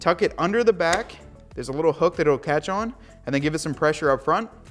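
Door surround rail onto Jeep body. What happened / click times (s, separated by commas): Handled, not yet home: no seating snap heard / none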